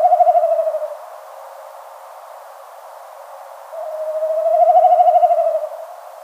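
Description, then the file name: Snipe drumming: the tail of one pulsed, vibrating hum, then a quiet gap and a full two-second throbbing bout swelling and fading. "bekasowy"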